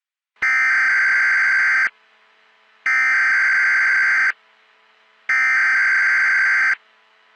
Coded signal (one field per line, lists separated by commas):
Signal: Emergency Alert System (SAME) tones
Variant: header bursts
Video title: EAS Scenario: Fear The Wind and Spores - October Says Goodbye Part: 1